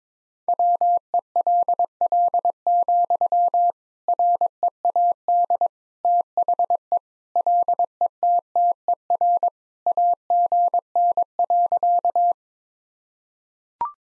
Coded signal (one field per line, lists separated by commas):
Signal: Morse code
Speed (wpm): 22 wpm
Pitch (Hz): 700 Hz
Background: none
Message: WELL, READ THE LETTER AGN.